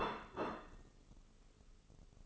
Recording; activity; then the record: daily activity, microphone in the room; place plate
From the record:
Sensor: 4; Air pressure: 996.0 hPa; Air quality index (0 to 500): 61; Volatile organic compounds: 2 ppm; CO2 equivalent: 1071 ppm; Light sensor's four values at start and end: 13/36/13/13 and 13/37/13/13